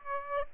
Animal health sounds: mosquito wingbeat signal from an infrared sensor; Aedes aegypti

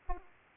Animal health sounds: mosquito wingbeat signal from an infrared sensor; Aedes aegypti

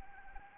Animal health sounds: mosquito wingbeat signal from an infrared sensor; Anopheles arabiensis

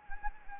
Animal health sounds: mosquito wingbeat signal from an infrared sensor; Anopheles gambiae

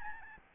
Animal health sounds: mosquito wingbeat signal from an infrared sensor; Aedes albopictus

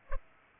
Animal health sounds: mosquito wingbeat signal from an infrared sensor; Culex pipiens

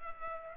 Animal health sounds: mosquito wingbeat signal from an infrared sensor; Culex pipiens

